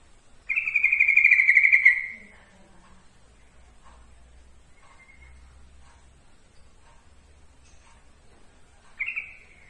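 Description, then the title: Yellow-vented bulbul song: a loud fluttering trill of about one and a half seconds, a long quiet pause with faint low hum, then another trill begins at the end. Trucukan song, for masteran training. "Masteran Suara Trucukan"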